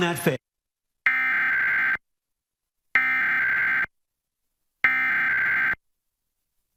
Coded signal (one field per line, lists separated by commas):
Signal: Emergency Alert System (SAME) tones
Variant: header bursts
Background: speech